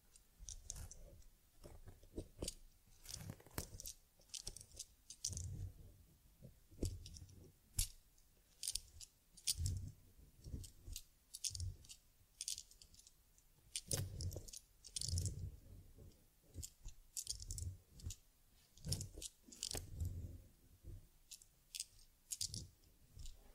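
Close, irregular brushing and scratching strokes on a teddy's fur, dense crackly bursts every second or so, with soft low thumps and small clicks.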